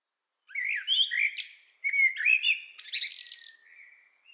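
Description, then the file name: Common blackbird song: mellow fluting warbled phrases mixed with high squeaky twittering notes over about three seconds, then a soft trailing whistle. "Turdus merula"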